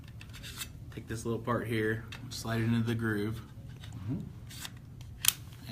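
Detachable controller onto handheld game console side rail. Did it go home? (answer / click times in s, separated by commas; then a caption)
yes / 5.3 s. A detachable controller is slid down the groove on the side of a Nintendo Switch handheld console while someone talks, with soft sliding and rubbing sounds. It locks in with a sharp, satisfying click at 5.3 s, and the controller is seated on the side rail.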